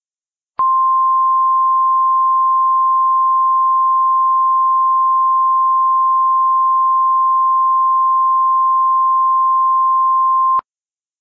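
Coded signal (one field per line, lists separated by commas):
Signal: Emergency Alert System (SAME) tones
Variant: 1050 Hz attention tone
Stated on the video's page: Fictional scenario using valid tones.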